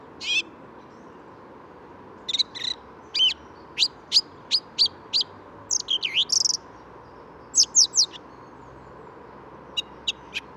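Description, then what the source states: Song Thrush song: spaced sharp notes and phrases, a run of repeated notes, sliding notes in the middle, and more phrases to the end, over a low background rumble. Perched about twenty metres up in what looked like an ash, bill opening with each note, at wood's edge near a road; Bois de Vincennes, 14 February 2019, 8–10:30 am, sunny; Nagra Seven, Telinga parabola.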